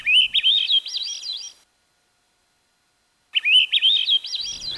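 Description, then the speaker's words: Swainson's thrush song: two phrases of flute-like, spiraling notes climbing upward, the first fading out, separated by a pause. Flute-like song ascending the scale with a spiraling warble and fading; heard more often than seen. "song of Swainson's thrush ascends up the scale with a spiraling warble and fades."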